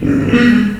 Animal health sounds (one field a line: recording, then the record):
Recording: squeal of a Yucatan mini pig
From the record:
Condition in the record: after surgery on the right vocal fold (resection and tissue-engineered implant)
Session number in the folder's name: 6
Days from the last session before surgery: 40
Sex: female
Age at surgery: 19 weeks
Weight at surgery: 25 kg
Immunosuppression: prednisolone